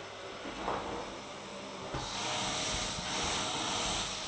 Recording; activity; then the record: daily activity, microphone in the room; vacuum cleaning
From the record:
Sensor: 3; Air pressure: 999.2 hPa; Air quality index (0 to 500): 203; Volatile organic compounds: 50 ppm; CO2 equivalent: 3301 ppm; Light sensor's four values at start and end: 7/17/7/6 and 7/17/7/6